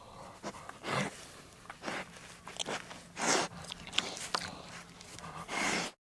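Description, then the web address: Pig eating and snuffling: bursts of wet chewing, crunching and breathy snorts in irregular clusters, with short pauses between mouthfuls. "Pig Eating and Snuffling"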